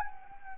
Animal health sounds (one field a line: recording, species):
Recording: mosquito wingbeat signal from an infrared sensor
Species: Anopheles arabiensis